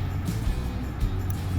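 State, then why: Not seated. A crimped terminal pin is handled at the back of a plastic connector housing, where its small metal latch is meant to catch. Music plays throughout with low-frequency rumble and no distinct transients, and the pin has not yet been pushed home or clicked into place.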